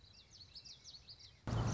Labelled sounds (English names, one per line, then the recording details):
Common Yellowthroat
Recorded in Sonoma County, California